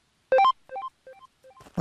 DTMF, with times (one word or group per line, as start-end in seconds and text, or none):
none